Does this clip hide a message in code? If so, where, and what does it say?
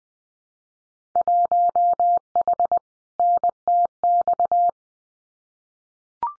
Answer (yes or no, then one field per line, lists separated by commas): yes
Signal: Morse code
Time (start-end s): 1.2-4.7 s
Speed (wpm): 19 wpm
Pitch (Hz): 700 Hz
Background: none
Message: 1H NTX